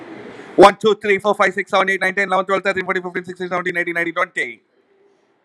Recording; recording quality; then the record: counting at a fast pace; excellent, no background noise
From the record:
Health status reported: healthy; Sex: male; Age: 41 years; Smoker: yes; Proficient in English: yes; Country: India